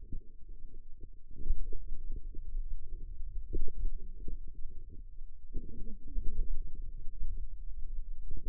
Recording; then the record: forearm muscle sounds (acoustic myography)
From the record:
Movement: finger pinch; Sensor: system 2, bracelet of six BSWA MPA416 microphones around the upper forearm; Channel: 5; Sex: female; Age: 21 years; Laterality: right